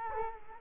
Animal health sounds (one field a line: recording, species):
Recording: mosquito wingbeat signal from an infrared sensor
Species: Culex quinquefasciatus